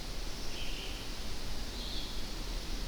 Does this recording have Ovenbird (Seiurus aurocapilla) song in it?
no